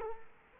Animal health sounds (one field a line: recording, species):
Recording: mosquito wingbeat signal from an infrared sensor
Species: Culex quinquefasciatus